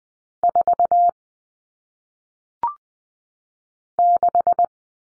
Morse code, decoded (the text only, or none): 4 6